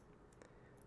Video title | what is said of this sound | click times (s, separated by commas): Replacing the battery and cleaning a 1990's Citizen 2510-S99400 | and you hear a little snap and that means it's in place | 0.4 s